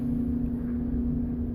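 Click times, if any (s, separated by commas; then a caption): none. A .40 S&W rimless cartridge is wiggled to start it into a chamber of a Charter Arms Pitbull revolver cylinder, which uses small spring retainers instead of moon clips. Only a steady low hum and rumble are heard, with no sharp sounds. The cartridge has not clicked or seated yet.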